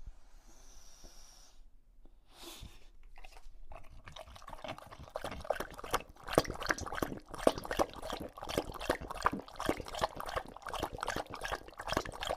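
An English bulldog drinks from a water bowl, its tongue lapping in a quick, steady run of wet slaps from about four seconds to the end. The opening seconds are quieter, with a faint hiss and a few scattered splashes before the lapping settles in.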